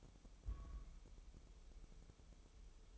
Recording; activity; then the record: daily activity, microphone in the room; place on stove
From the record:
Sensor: 1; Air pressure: 988.3 hPa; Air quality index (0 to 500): 202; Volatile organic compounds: 1000 ppm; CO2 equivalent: 5404 ppm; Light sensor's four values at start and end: 27/98/37/39 and 27/98/37/39